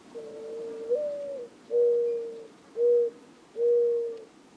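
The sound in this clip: Mourning Dove song: a drawn-out low coo that lifts in pitch midway, followed by three shorter even coos spaced roughly a second apart.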